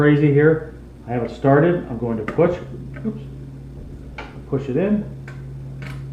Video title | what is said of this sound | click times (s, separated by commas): How To Install RAM Synology Diskstation DS 1515 + RAM Memory Upgrade | then click it down so I clicked it in the front and then pushed it down so | 5.3 s, 5.8 s